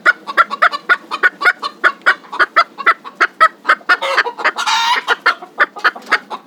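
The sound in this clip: Chickens clucking rapidly and evenly, then a long raspy squawk before the steady clucks return.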